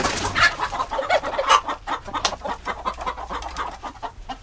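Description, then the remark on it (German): Several chickens in a henhouse cluck steadily in short, overlapping bursts, a busy chorus of mid-pitched clucks and squawks with no talking. “Zum Stall. Ich suche Frische aus den Nestern. Wie viele Hühner hast du denn?”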